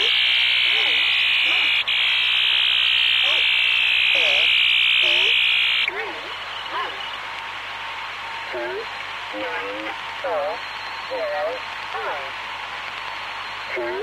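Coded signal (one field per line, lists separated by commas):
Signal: unidentified radio signal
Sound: roaring wideband jamming hiss that stops midway, over repeated short warbling croak-like low chirps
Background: radio static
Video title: The Conet Project 302 - Iran/Iraq Jamming Efficacy Testing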